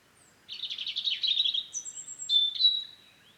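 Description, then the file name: European robin song: a rapid jumble of high twittering notes running into long, thin sustained whistles, one clear continuous phrase in quiet surroundings. "Erithacus rubecula"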